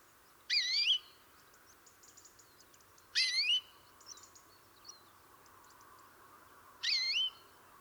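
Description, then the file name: European greenfinch calls: three rising, twisting whistled notes about three seconds apart, with a few faint soft chirps between them. "Chloris chloris"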